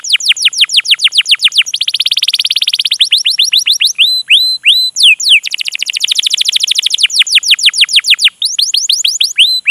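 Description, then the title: Canary song of rapid trills broken by brief looping whistles, speeding and slowing in waves over about ten seconds. Long, continuous chatty (gacor panjang) song, used as a lure (pancingan) to prompt a canary to sing and as tutoring (masteran) material. "PANCINGAN Kenari GACOR PANJANG. Pancingan Gacor Masteran"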